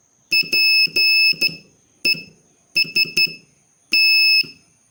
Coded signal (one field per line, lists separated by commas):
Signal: Morse code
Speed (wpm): 13 wpm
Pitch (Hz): 2600 Hz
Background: none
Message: PEST